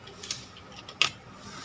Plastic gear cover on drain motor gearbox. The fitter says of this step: มันก็จะเข้าล็อกมัน